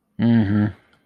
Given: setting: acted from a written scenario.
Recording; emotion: vocal sound without words; sympathy